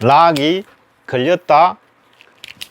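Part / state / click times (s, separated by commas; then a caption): speed lock button on a folding trekking pole shaft / released / 2.4 s, 2.6 s. Someone talks, then the speed lock button on the shaft of a carbon folding trekking pole is released with sharp clicks at 2.4 s and 2.6 s. The lock comes undone.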